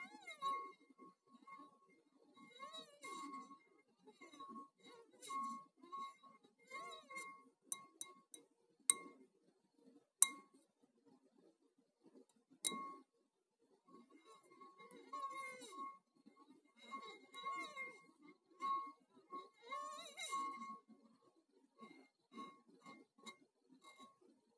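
Glass clinks and taps ring out in sharp bursts throughout, over a changing voice-like murmur that pauses briefly around eleven to fourteen seconds.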